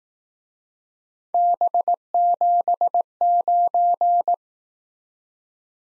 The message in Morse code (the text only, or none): B79